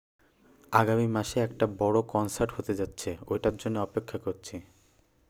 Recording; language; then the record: elicited speech; Bengali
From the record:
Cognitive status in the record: cognitively healthy